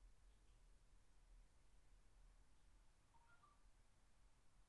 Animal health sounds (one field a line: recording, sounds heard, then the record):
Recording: poultry house recording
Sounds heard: no chicken sound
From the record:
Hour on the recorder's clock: 13